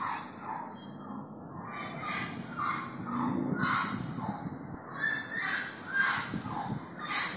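Bird calls: a busy series of rough, cawing notes at uneven intervals throughout, with a low background rumble.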